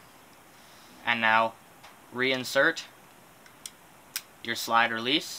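During reassembly of a gas blowback airsoft pistol, the slide release lever is reinserted through the slide and frame and pressed in while someone talks. Short, sharp ticks are heard near 3.7 s and 4.2 s. The clip ends before the lever goes home, so nothing has seated or clicked yet.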